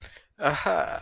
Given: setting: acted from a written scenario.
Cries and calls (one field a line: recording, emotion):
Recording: vocal sound without words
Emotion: ecstasy